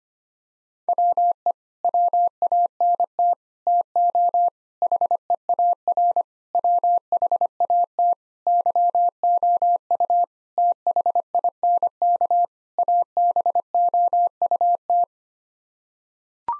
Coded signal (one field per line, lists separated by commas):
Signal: Morse code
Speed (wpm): 25 wpm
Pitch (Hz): 700 Hz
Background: none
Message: WE WANT TO HEAR WHAT YOU THINK ABOUT